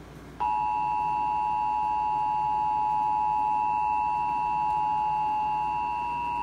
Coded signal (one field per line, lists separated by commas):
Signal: Emergency Alert System (SAME) tones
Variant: 853 and 960 Hz attention tone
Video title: EAS #221 - California Required Monthly Test